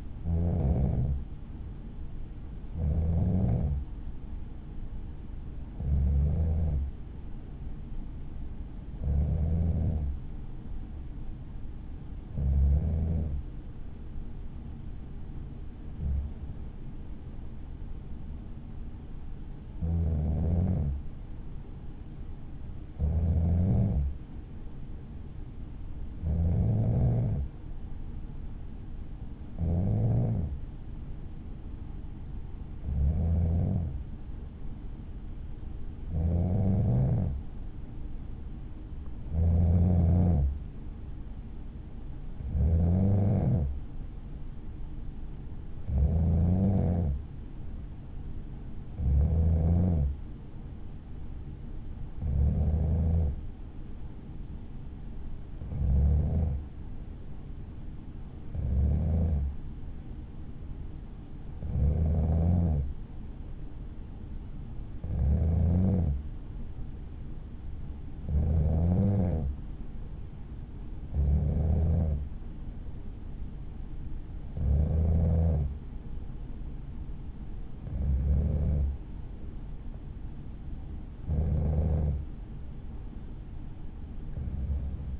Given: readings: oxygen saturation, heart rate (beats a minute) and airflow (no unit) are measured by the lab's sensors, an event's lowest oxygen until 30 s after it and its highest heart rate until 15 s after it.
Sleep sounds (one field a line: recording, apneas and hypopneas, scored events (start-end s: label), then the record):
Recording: breathing in sleep by a smartphone at the bedside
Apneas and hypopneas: none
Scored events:
none scored
From the record:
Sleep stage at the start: N2 (light sleep)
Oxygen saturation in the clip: 93 to 94%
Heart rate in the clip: 51 to 58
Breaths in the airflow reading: 26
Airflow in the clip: -4.4 to 4.3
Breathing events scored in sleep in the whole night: 216 in 7.0 hours asleep